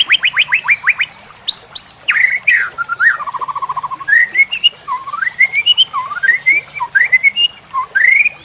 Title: MASTERAN MURAI BATU LABAIK